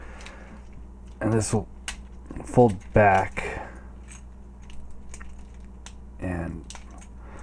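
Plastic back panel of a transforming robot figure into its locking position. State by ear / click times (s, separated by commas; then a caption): not seated / none. Someone talks while folding back the plastic back panel of a transforming robot figure toward its locking position, with faint plastic handling taps and ticks between the words. Nothing has seated or clicked yet.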